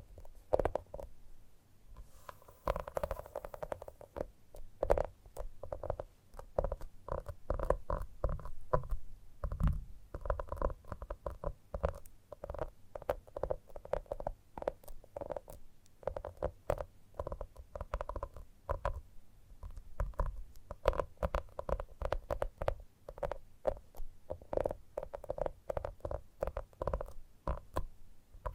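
Gentle tapping runs without pause for the whole stretch, a dense and fairly quick patter of soft, hollow knocks with a muted, rounded low tone. A brief brighter rustle comes in around three seconds, and the taps stay even in loudness throughout.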